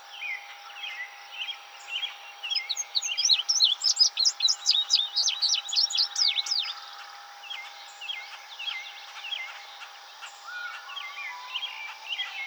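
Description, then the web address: Indigo bunting song, a rapid run of high, paired sweeping notes lasting several seconds, with fainter chirps before and after. 26 June 2007. "Indigo Bunting 2007 06 26"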